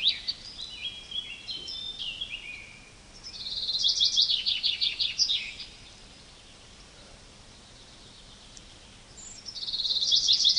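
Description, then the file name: Common chaffinch song: three phrases of quick notes, the first two back to back and stepping down in pitch, the last starting after a pause of several seconds. "Fringilla coelebs"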